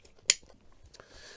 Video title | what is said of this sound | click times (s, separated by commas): 🇺🇸 LBT - 1195J NSW Rifleman/Grenadier H-Harness - Ein Tragesystem für die Navy SEALs aus den 90ern. | even been used incorrectly but it doesn't matter can be taken out or just clicked back in | 0.3 s